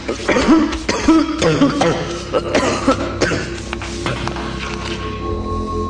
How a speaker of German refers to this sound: Es war nicht sehr geschickt, die Erforschung eines fremden Kellers mit einem Hustenanfall zu beginnen.